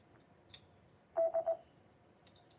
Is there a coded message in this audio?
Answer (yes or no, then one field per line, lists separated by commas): no